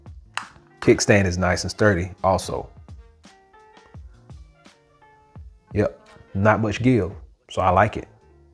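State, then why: Not seated. Someone talks while the kickstand on a rugged plastic Whitestone Escudo phone case for a Z Fold 5 is handled and folded back toward its closed position, with a few faint, sharp taps between the speech. The clip ends before the kickstand goes home, and nothing has seated or clicked yet.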